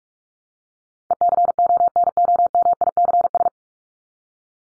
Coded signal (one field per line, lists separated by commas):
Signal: Morse code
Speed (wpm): 44 wpm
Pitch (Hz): 700 Hz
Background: none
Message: ECONOMICS